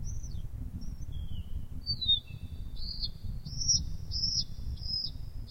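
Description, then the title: Bird song: a few high whistled slurs, some falling, then a run of clear arched whistles repeated about every half second, over a low background rumble. Bird chirping (kicau). "SuaraBurung Kicau"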